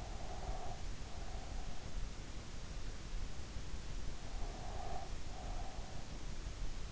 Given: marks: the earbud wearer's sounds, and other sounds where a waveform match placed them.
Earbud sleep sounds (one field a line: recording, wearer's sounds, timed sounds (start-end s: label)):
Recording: sounds in sleep by an in-ear microphone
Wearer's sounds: breath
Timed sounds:
0.00-1.80 s: breath
4.36-5.94 s: breath